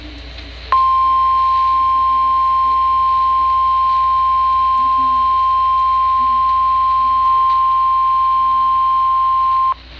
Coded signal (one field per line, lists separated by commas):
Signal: Emergency Alert System (SAME) tones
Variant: 1050 Hz attention tone